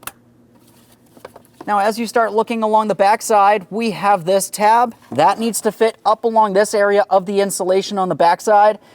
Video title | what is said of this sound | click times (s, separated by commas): How to Replace HVAC Blower Motor Assembly 2007-2014 Ford Edge | Press it in, listen for our click. | 0.1 s